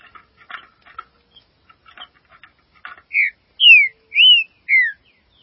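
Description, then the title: Green-winged saltator singing: soft twittering notes give way to four strong, rich whistles. "Trinca Ferro"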